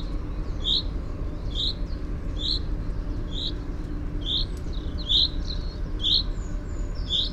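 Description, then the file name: Common chaffinch repeating a sharp, short call note about once a second over a continuous low rumble. "Fringilla coelebs"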